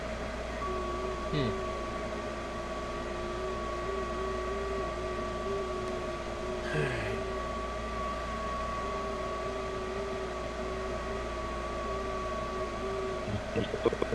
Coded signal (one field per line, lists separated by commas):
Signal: FT8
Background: speech